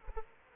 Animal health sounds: mosquito wingbeat signal from an infrared sensor; Aedes aegypti

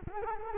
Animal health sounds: mosquito wingbeat signal from an infrared sensor; Culex quinquefasciatus

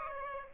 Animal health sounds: mosquito wingbeat signal from an infrared sensor; Aedes aegypti

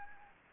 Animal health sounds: mosquito wingbeat signal from an infrared sensor; Anopheles gambiae

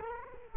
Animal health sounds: mosquito wingbeat signal from an infrared sensor; Culex quinquefasciatus

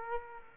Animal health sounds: mosquito wingbeat signal from an infrared sensor; Culex quinquefasciatus

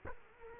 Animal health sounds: mosquito wingbeat signal from an infrared sensor; Culex quinquefasciatus

